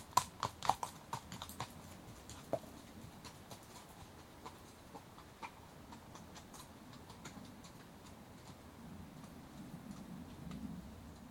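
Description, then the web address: Horse hooves clopping at a walk, several sharp strikes early then soft steady steps fading under low rumbling background noise. Horses walking on a rough track, departing at a walk from left to right; an aircraft heard briefly. "BBC Horses Walking"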